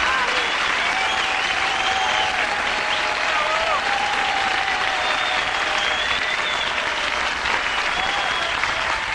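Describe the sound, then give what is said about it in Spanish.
Loud, sustained audience applause fills the whole stretch, a dense steady wash of clapping that never lets up, with faint crowd voices mixed in underneath. “No sonó un sonido y ya el aplauso es impresionante.”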